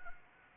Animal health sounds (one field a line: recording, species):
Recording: mosquito wingbeat signal from an infrared sensor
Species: Anopheles arabiensis